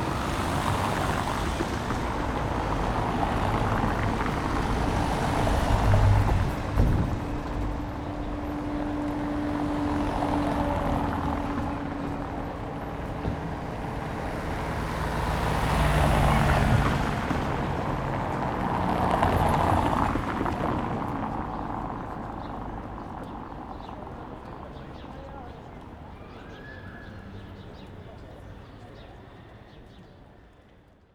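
A car passes with a rushing roar that swells around six, sixteen and twenty seconds, then steadily fades to a quiet hum.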